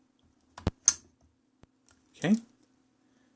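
A camera quick-release plate is pushed into the clamp of a Manfrotto XPro ball head on a 055 tripod. It pops into place with a sharp click at 0.9 s after a couple of lighter taps. Someone then talks, and the plate sits tight in the clamp.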